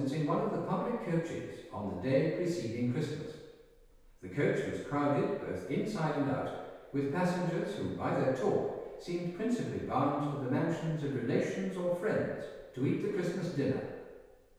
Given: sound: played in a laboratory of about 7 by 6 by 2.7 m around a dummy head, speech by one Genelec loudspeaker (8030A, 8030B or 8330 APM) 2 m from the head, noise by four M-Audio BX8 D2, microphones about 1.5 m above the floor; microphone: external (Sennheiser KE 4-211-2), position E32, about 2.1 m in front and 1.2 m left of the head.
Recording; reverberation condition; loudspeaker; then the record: male speech in English; high; behind (180 degrees)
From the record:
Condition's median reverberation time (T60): about 1300 ms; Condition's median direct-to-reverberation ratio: about -4.0 dB